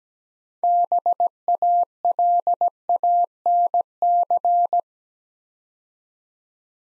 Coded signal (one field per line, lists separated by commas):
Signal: Morse code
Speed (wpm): 17 wpm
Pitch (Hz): 700 Hz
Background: none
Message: BALANC